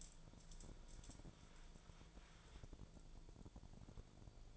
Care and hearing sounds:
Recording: daily activity, microphone in the room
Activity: wipe stove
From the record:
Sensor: 5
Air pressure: 1000.6 hPa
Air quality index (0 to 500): 156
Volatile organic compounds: 2 ppm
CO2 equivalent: 1199 ppm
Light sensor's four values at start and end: 47/100/46/51 and 47/101/46/51

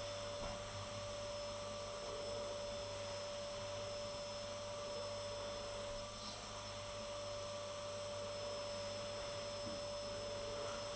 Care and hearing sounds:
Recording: daily activity, microphone in the room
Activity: vacuum cleaning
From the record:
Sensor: 4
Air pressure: 1008.5 hPa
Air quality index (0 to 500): 62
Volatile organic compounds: 1 ppm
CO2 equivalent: 598 ppm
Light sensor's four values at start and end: 13/31/12/11 and 13/31/12/12

